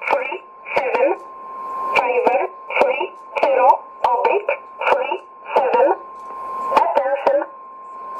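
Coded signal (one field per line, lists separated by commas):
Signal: numbers station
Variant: E11 Oblique, English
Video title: 05 04 2017 Numbers station E11 Oblique in English to Eu 0902 on 9399 in USB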